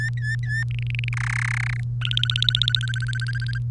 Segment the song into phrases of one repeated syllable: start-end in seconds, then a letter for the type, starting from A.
0.00-0.63 A, 0.71-1.09 B, 1.13-1.80 C, 2.02-3.58 D